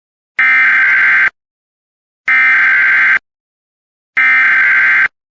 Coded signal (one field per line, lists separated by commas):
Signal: Emergency Alert System (SAME) tones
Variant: header bursts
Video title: EAS Compilation | 4/2/2026 Texas Statewide Tornado Drill Alerts